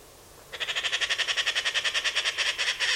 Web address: Bird Only More Classes Pi Pi Pi Pi